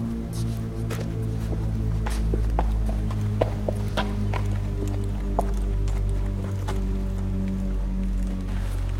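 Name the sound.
horse hooves clip-clopping past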